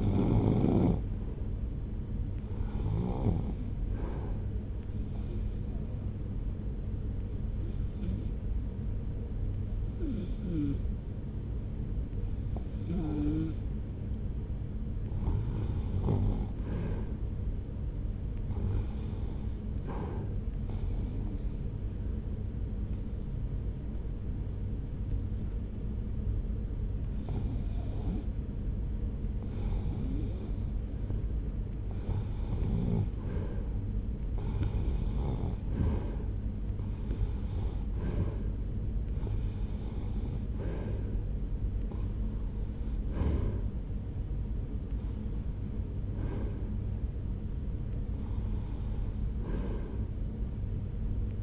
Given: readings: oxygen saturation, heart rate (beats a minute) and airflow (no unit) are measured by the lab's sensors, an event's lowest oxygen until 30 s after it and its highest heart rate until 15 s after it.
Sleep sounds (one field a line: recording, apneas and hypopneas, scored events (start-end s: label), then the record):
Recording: breathing in sleep by a smartphone at the bedside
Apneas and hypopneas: 2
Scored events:
5.00-15.50 s: hypopnea (REM, oxygen 82% highest, then 80% lowest)
25.00-36.10 s: hypopnea (REM, oxygen 86% highest, then 81% lowest)
From the record:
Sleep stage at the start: REM sleep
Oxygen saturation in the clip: 80 to 89%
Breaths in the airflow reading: 20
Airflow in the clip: -1.0 to 1.8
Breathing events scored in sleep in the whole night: 335 in 6.7 hours asleep